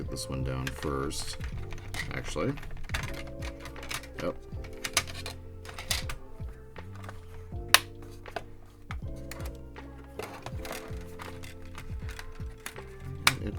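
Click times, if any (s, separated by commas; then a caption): 7.7 s, 13.3 s. A plastic part for a Fanhome Millennium Falcon model is pushed into the model hull, with loud clicks at 7.7 s and 13.3 s over background music while someone talks. The part clicks in only as far as it will go and is left partly seated, since the instructions say not to cinch it down.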